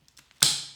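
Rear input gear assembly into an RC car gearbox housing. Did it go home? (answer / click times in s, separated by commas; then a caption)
yes / 0.4 s. The rear input gear assembly of an Arrma Senton RC car drivetrain is dropped into the gearbox housing, lined up and pushed. A few faint ticks come first, then a loud, sharp snap at 0.4 s rings out and fades. The assembly seats in place.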